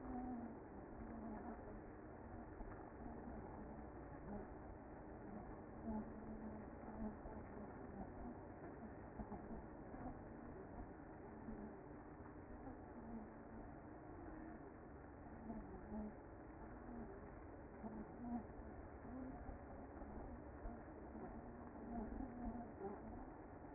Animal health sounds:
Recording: honeybee colony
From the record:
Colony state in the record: active

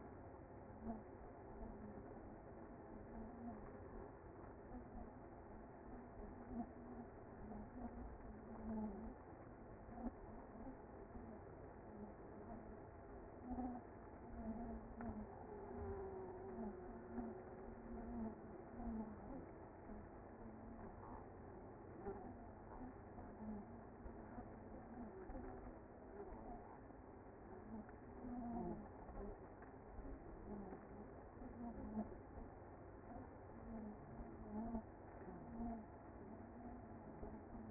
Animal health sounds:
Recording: honeybee colony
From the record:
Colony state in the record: active

